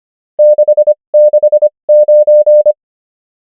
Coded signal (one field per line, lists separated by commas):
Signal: Morse code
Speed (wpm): 25 wpm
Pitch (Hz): 600 Hz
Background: none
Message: 669